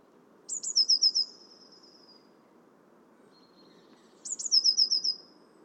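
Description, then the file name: Eurasian blue tit calls: two high, thin bursts of rapid descending notes trailing into a buzzy tail, about four seconds apart, over a steady low rumble of background noise. "Cyanistes caeruleus"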